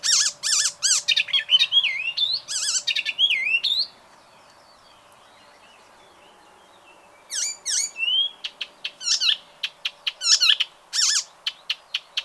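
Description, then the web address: Bird chirps: rapid sharp notes and rising whistled slurs for four seconds, a long silence, then quick chirps and downslurred whistles resume. "ornitologiya slovar Ptichki"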